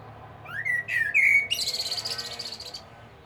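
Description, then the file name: Common blackbird with a short rising fluted phrase, then a long scratchy, high twittering trill that fades out. "Turdus merula"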